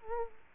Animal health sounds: mosquito wingbeat signal from an infrared sensor; Culex quinquefasciatus

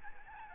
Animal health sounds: mosquito wingbeat signal from an infrared sensor; Aedes albopictus

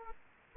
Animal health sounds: mosquito wingbeat signal from an infrared sensor; Aedes aegypti

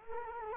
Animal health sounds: mosquito wingbeat signal from an infrared sensor; Culex quinquefasciatus

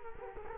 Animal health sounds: mosquito wingbeat signal from an infrared sensor; Culex quinquefasciatus

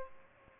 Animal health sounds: mosquito wingbeat signal from an infrared sensor; Aedes albopictus

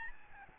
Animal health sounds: mosquito wingbeat signal from an infrared sensor; Aedes albopictus

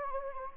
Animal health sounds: mosquito wingbeat signal from an infrared sensor; Anopheles gambiae

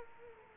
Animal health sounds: mosquito wingbeat signal from an infrared sensor; Culex quinquefasciatus

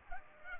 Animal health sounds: mosquito wingbeat signal from an infrared sensor; Culex pipiens

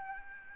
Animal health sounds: mosquito wingbeat signal from an infrared sensor; Aedes albopictus

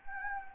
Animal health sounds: mosquito wingbeat signal from an infrared sensor; Anopheles gambiae

